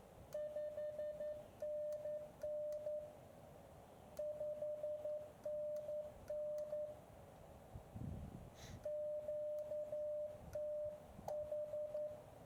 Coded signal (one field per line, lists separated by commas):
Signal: Morse code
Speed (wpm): 11 wpm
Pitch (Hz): 600 Hz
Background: radio noise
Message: 5NN 5NN QTH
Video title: Ham Radio in 360 Virtual Reality | Elecraft KX2 | Garmin Virb 360